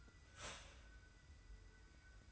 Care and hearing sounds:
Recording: daily activity, microphone in the room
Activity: start toaster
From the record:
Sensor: 2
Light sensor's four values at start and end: 27/65/26/26 and 27/65/26/26

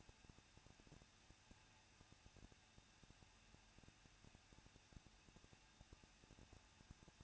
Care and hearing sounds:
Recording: daily activity, microphone in the room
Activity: no activity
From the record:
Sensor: 2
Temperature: 21.0 degrees Celsius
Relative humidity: 37.3%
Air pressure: 1006.2 hPa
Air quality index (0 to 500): 221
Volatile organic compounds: 23 ppm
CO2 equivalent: 2797 ppm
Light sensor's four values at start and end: 2/3/2/2 and 2/3/2/2

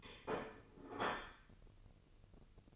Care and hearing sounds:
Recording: daily activity, microphone in the room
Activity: place plate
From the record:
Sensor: 4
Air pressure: 1008.3 hPa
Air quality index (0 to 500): 80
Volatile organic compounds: 1 ppm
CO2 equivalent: 645 ppm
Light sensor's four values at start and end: 12/28/11/11 and 12/28/11/11

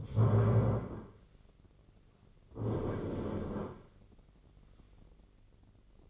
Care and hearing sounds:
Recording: daily activity, microphone in the room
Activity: stand up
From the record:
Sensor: 4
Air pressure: 1010.1 hPa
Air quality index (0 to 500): 182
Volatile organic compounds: 2 ppm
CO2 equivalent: 1312 ppm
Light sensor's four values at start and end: 39/96/40/43 and 39/96/40/43

